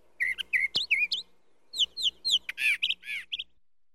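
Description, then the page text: Brown thrasher singing varied short phrases, mostly doubled: slurred whistles, then sharp chirps and a harsh rasping note, with a faint low hum behind. "Звук пения птицы Brown Thrasher. Sound Pack"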